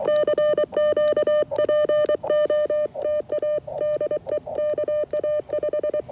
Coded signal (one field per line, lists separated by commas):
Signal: Morse code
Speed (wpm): 24 wpm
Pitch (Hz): 600 Hz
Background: none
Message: CQ POTA DE KA5